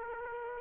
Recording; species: mosquito wingbeat signal from an infrared sensor; Aedes aegypti